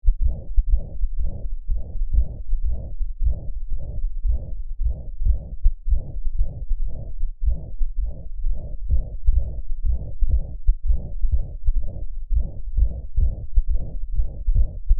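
Rapid, regular heartbeats, each carrying a long, low-to-mid pitched rushing murmur that fills much of the beat: the murmur of severe mitral regurgitation, with blood leaking backward through the mitral valve during each contraction, heard over an adult heart by stethoscope.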